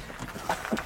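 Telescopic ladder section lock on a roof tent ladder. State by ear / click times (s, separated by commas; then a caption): not seated / none. A section of the telescopic aluminium ladder on a Swisskings 160 roof tent is folded and pushed toward its locking catch, producing short knocks at about 0.5, 0.7 and 0.8 seconds. The section is still being handled, and nothing has seated or clicked yet.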